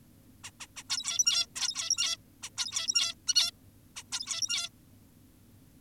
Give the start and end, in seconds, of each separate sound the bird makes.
0.44-0.51, 0.60-0.67, 0.77-0.83, 0.90-1.46, 1.56-2.17, 2.43-2.50, 2.58-3.15, 3.28-3.34, 3.36-3.51, 3.96-4.03, 4.12-4.69